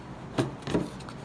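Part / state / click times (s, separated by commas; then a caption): humidifier head unit onto a water bottle / not seated / none. A humidifier head unit for an Eleven Plus bottle humidifier is handled onto its water bottle, making dull knocks and rubbing contacts at about 0.4, 0.7 and 1.1 seconds. Nothing has seated or locked into place yet.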